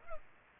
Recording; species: mosquito wingbeat signal from an infrared sensor; Culex pipiens